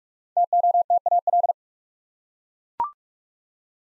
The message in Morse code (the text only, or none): TOTAL